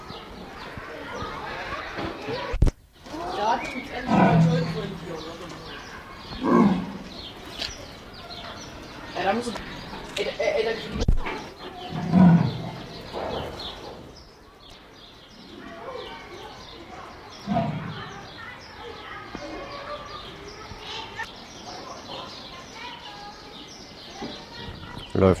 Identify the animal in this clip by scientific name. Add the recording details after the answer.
Panthera pardus. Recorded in captivity. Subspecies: saxicolor. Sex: male. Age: adult. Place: Zoo Leipzig, Sachsen, DE. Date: 1988-04-28 11:45. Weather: overcast, 12°C. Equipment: Nagra SN, Kopie Tesla B 116. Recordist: Tembrock, Günter. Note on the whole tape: P.p.saxicolor (Persischer Leopard): Rufe des Männchen